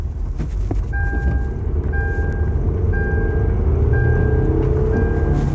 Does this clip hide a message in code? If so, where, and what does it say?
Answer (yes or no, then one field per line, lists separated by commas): no